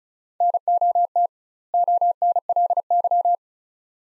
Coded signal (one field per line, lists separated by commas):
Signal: Morse code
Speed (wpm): 36 wpm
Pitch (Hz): 700 Hz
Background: none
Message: NOT ONLY